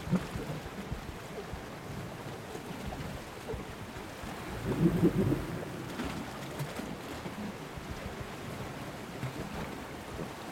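Underwater recording near a small boat's hull where grey seals swim, a steady low rumble and churning wash filling the lower range throughout. Around the five-second mark a brief louder burst of low, tonal calls rises above the bed, then fades back into the constant murmur.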